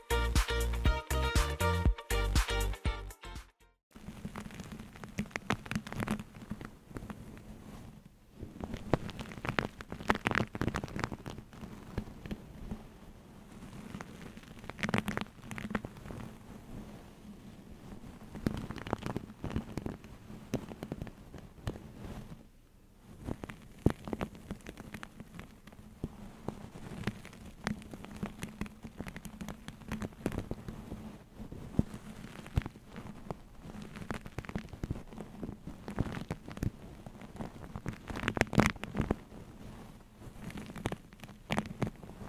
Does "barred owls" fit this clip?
no